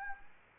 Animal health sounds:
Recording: mosquito wingbeat signal from an infrared sensor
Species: Anopheles arabiensis

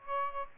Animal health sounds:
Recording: mosquito wingbeat signal from an infrared sensor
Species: Aedes aegypti

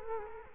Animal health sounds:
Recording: mosquito wingbeat signal from an infrared sensor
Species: Culex quinquefasciatus

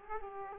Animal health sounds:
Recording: mosquito wingbeat signal from an infrared sensor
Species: Aedes aegypti

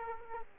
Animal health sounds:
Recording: mosquito wingbeat signal from an infrared sensor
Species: Aedes aegypti

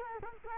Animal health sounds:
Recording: mosquito wingbeat signal from an infrared sensor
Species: Culex quinquefasciatus

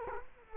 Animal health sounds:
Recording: mosquito wingbeat signal from an infrared sensor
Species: Culex quinquefasciatus

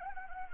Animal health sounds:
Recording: mosquito wingbeat signal from an infrared sensor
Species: Anopheles gambiae

